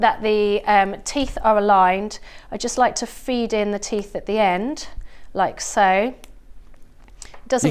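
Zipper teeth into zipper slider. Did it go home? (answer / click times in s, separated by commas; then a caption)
yes / 7.0 s, 7.1 s, 7.2 s. Someone talks while feeding the aligned ends of a nylon zipper tape into the zipper slider. The teeth are heard clicking as they engage at 7.0, 7.1 and 7.2 seconds, and the zipper is seated in the slider.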